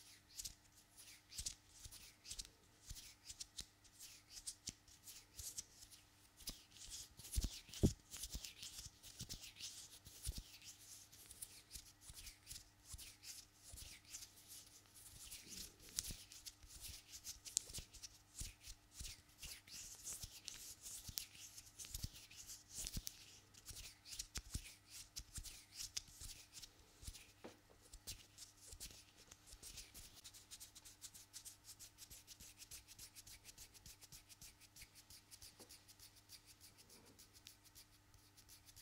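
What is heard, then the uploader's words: Long nails tap, scratch and rub against each other in dense, restless bursts throughout, over a steady low hum with occasional sharper clicks. ASMR Hands Sounds Movements Long Nails.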